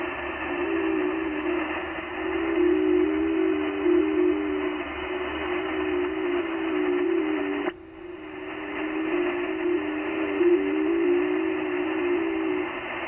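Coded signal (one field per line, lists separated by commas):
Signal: FT8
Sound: steady low warbling tone with tiny pitch steps over band-limited receiver hiss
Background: radio static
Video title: 3D2CR, Conway Reef, Pacific Ocean, OC-112, 10MHz, FT8, Worked by HL2WA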